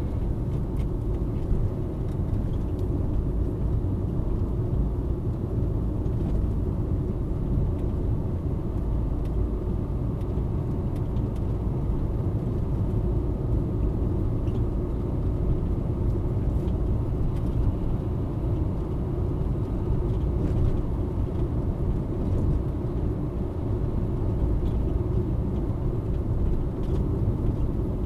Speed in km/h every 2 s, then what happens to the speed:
55, 56, 59, 56, 58, 60, 61, 61, 63, 63, 66, 64, 65, 64.
0-28 speeds up to 64.